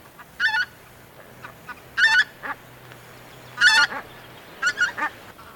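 Bird uttering loud nasal honks, single and doubled, spaced irregularly roughly every second or two, over a faint constant background hum.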